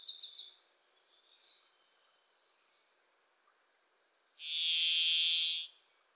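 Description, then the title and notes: Varied thrush: a few sharp chips and a thin twittering series from another bird, then the varied thrush's long, even, buzzy note near the end. Pacific Northwest forest; a Wilson's Warbler sings alongside, as if urging the thrush to come forward. "The Varied Thrush, Ixoreus naevius, is a wisp in the forests of the Pacific Northwest."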